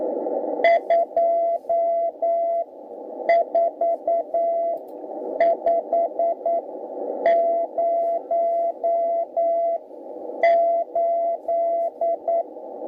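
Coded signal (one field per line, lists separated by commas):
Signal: Morse code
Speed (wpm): 9 wpm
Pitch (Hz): 680 Hz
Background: none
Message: 24508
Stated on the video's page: CW on the 80 m band, 3.500–3.800 MHz, received on a Tecsun S2200-x with end-fed antenna and internal loop.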